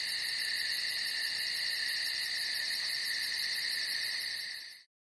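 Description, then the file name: Cricket trilling in a steady shrill ring with rapid pulses, about four per second in rhythm, then cutting off abruptly into silence near the end. "Strekotanie sverchka"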